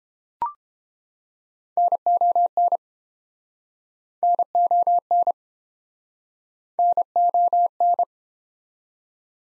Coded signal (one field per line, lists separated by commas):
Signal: Morse code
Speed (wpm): 29 wpm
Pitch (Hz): 700 Hz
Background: none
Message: NON NON NON